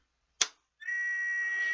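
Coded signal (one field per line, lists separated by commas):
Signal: computer data on cassette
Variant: Intel format cassette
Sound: a click, then a continuous high steady tone near 2 kHz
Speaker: first we're going to have the solid portion it's going to be a high pitch and then it'll go to the staticky which is the data portion this is the leader portion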